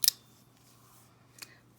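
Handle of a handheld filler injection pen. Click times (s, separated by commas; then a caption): 0.1 s. The handle of a handheld filler injection pen is pulled to a 90-degree angle and latches with a loud, sharp click at 0.1 s, showing the pen is ready to inject. A softer tick follows at 1.4 s over a faint steady hum.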